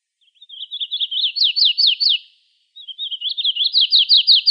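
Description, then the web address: Warbler song in two phrases of rapid, sweet downslurred notes, each building from soft opening notes to louder, emphatic ones, with a brief gap between. Recorded in Arizona. "Other Warblers. deviche"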